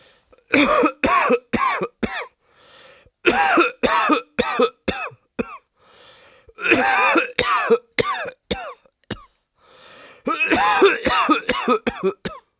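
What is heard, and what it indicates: An adult man coughs in four separate fits, each with about five harsh, forceful coughs in quick succession. A soft breath in comes before each fit. There is no speech, and the background is quiet.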